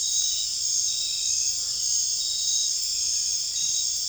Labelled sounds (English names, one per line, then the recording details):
none
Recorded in dense forest near Puerto Asís, Putumayo, Colombia, on 21 December 2024 at 19:00
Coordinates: 0.484, -76.317
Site G026